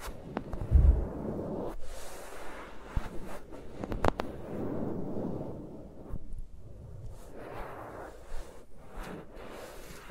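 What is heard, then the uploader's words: Fingers rub and brush around the microphones in muffled, low, rumbling swishes that swell and fade in uneven waves. Sharp taps and clicks cut through now and then, with a heavy thump near the start and another around four seconds. No voice is heard. ASMR with Mics Around My Fingers (No Talking).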